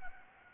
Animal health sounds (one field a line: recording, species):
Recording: mosquito wingbeat signal from an infrared sensor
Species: Anopheles gambiae